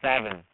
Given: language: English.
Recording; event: throat vibration sensor signal played as sound; speech